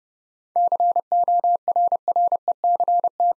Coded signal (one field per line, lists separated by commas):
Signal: Morse code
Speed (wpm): 30 wpm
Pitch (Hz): 700 Hz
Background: none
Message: CORRECT